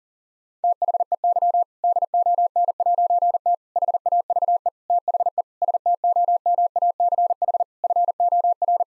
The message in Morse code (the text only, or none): THEY DON'T HAVE THE STOMACH FOR